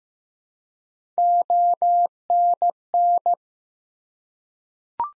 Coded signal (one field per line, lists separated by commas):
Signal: Morse code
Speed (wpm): 15 wpm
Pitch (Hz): 700 Hz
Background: none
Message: ONN